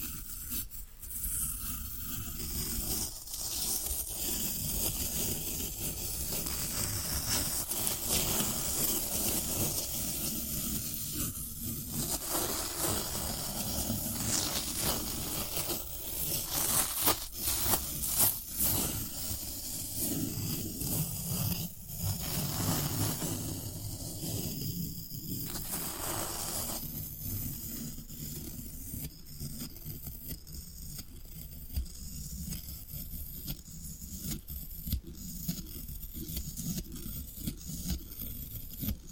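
Floral foam is scraped and crumbled in a dense, continuous rush of gritty, crackling hiss. Sharp crunches and scratchy strokes come thick and fast, loudest around the middle. After about 27 seconds the sound thins into quieter, more separate crackles and ticks.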